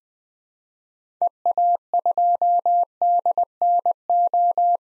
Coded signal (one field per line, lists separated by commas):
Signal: Morse code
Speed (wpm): 20 wpm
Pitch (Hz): 700 Hz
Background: none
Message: EA2DNO